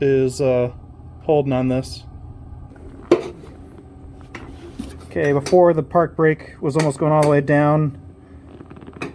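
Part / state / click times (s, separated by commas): park brake pedal ratchet lock on a lawn tractor / seated / 9.0 s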